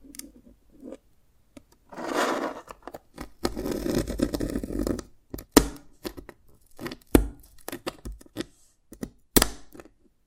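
Dalgona candy being tapped and cracked, with a long scraping, grinding stretch from about two to five seconds. After that come sharp, separate clicks and cracks at an irregular pace, some bright and loud, with a faint low rumble under the quieter moments.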